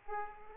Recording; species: mosquito wingbeat signal from an infrared sensor; Aedes aegypti